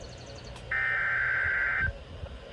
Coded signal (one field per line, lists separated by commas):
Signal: Emergency Alert System (SAME) tones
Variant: header bursts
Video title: West Virginia Storms || EAS Alerts from 7/12/22 || EAS 314-322